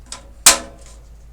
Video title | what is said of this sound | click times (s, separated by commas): How to build a Ryzen Gaming PC! Beginners guide | Just take even pressure until you hear it pop. | 0.5 s